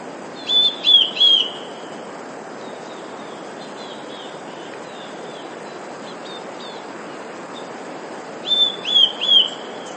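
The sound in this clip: Eurasian blue tit singing two phrases of three high, thin whistled notes, with softer faint high notes in the pause between them.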